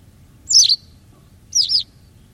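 White wagtail calling twice, each a bright slurred double chirp, about a second apart, against a faint low rumble.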